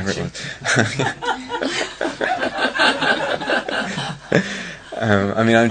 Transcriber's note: laughter